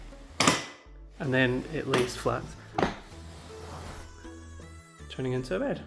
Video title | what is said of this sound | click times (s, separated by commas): Falkirk Urban Apartment - House Manual Video | just pull the couch towards you until you hear a click. | 0.4 s